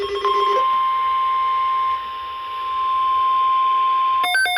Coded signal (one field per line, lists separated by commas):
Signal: Emergency Alert System (SAME) tones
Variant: 1050 Hz attention tone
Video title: (EAS "#983") Severe Thunderstorm Watch #526 from KJY85 (Statesville, NC) - 7/28/2026